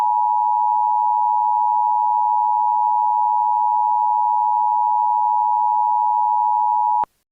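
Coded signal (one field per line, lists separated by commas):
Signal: Emergency Alert System (SAME) tones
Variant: 853 and 960 Hz attention tone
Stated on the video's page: Fictional EAS scenario, not a real alert.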